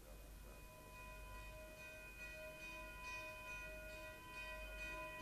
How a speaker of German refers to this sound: Auf dem Wege hörten sie durch ein offenes Fenster eine Glocke, die Sturm läutete.